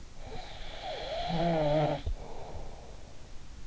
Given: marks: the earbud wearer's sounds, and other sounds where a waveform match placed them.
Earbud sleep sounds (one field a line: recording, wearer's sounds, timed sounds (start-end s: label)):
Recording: sounds in sleep by an in-ear microphone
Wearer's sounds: snoring breath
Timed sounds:
0.12-3.11 s: snoring breath